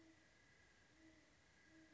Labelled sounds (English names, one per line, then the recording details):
Great Horned Owl
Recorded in Sonoma County, California